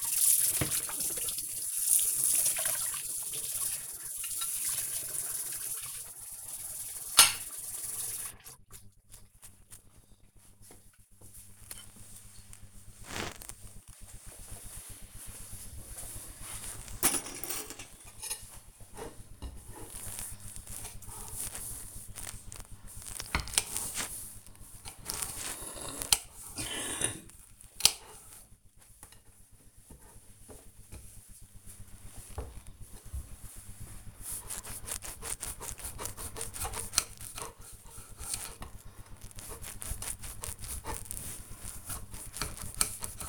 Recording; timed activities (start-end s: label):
household activities, microphone on the right wrist
0.00-8.03 s: washing dishes
16.09-43.29 s: cutting vegetables